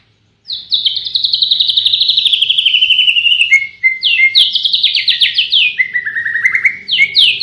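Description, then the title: White-rumped shama song: a long string of loud, rapid downslurred notes that slowly fall in pitch, then a brief pause and a fresh series of quick sweeping whistles. Tutor song (masteran) for training cage birds. "Masteran Murai Batu"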